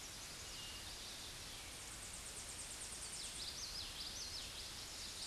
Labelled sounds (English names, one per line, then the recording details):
Common Yellowthroat song
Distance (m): 60 m
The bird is about 5 m above the microphone
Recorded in a Pennsylvania forest on 16 May 2024 at 08:02
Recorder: AudioMoth, point MSD-1307
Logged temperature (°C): 16.6 °C
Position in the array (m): 229 m, 180 m